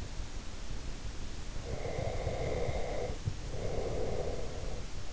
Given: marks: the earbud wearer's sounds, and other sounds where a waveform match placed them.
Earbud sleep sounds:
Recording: sounds in sleep by an in-ear microphone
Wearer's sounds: breath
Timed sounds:
1.65-4.77 s: breath

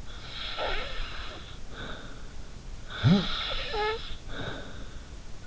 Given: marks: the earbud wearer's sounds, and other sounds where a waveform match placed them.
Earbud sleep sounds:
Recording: sounds in sleep by an in-ear microphone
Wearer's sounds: snoring breath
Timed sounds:
0.03-2.48 s: snoring breath
2.85-5.19 s: snoring breath

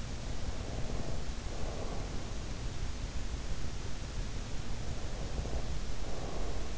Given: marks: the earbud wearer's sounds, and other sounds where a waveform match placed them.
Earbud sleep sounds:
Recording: sounds in sleep by an in-ear microphone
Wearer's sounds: breath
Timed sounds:
0.64-2.29 s: breath
5.13-6.78 s: breath

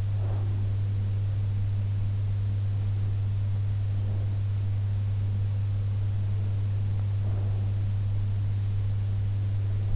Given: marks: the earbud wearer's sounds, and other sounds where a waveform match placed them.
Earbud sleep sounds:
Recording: sounds in sleep by an in-ear microphone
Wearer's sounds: breath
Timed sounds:
0.00-0.87 s: breath
7.08-8.02 s: breath

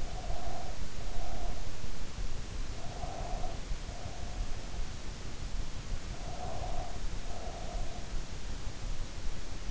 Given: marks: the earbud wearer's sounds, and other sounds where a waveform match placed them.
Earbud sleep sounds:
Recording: sounds in sleep by an in-ear microphone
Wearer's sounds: breath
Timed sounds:
0.00-1.87 s: breath
2.71-4.15 s: breath
6.08-8.27 s: breath

